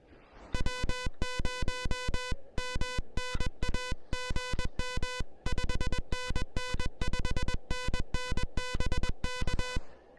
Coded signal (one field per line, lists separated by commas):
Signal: Morse code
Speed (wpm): 21 wpm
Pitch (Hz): 1000 Hz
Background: music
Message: W0MNA GM 5NN 5NN BK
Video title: The Elecraft KH1: My first SOTA activation with this new handheld QRP transceiver!